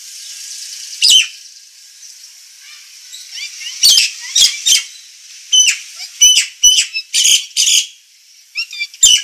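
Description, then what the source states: Nias hill myna song: grating squawks and bright short whistles in uneven bursts, with a steady hiss underneath throughout. Bird in full, active song (gacor), described as loud and noisy.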